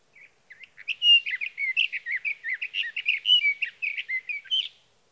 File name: Sage Thrasher